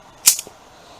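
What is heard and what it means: A flick of the wrist opens a folding Gerber Multi-Plier, shooting the sliding plier head out of its metal handles. It snaps into the open position with a sharp, bright metallic snap at 0.3 s, followed by a fainter tick at 0.4 s. The head locks in place, held by two springs.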